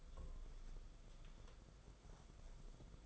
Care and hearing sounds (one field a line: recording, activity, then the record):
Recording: daily activity, microphone in the room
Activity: take from stove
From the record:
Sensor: 5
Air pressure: 994.5 hPa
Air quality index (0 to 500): 187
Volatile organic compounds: 1000 ppm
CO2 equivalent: 5486 ppm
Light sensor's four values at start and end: 43/130/51/56 and 44/134/52/57